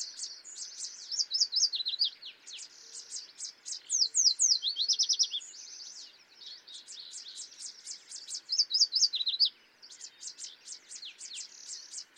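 Yellow warbler song: repeated bursts of quick, high, down-slurred notes spaced a few seconds apart.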